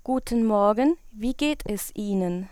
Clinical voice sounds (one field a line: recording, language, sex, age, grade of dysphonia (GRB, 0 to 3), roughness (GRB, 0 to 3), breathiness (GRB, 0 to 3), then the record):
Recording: spoken sentence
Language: German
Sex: female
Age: 30 to 39 years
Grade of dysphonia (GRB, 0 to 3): 0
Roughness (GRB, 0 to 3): 0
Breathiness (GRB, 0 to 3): 0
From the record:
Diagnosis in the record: healthy voice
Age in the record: 36 years